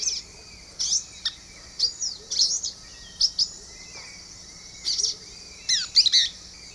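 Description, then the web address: Grey-capped flycatcher calls: sharp, harsh notes in irregular bursts, some doubled or tripled, over a steady high background hum. Recorded in the eastern lowlands of South America. "Natures Songs S America Eastern Lowlands. Myiozetetes granadensis, calls"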